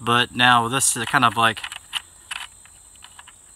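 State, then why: Not seated. A steel muzzle brake is being turned onto an AK pistol barrel against the spring-loaded detent pin. Someone talks, then a few faint, sharp ratchet-like metal clicks follow. Nothing has locked yet: the detent pin doesn't come out far enough to engage the brake, which had been filed down to fit.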